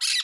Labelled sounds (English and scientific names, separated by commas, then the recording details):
Brown-throated Parakeet (Eupsittula pertinax) contact call
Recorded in Curacao
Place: Hoffi Jan Thiel
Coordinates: 12.094, -68.877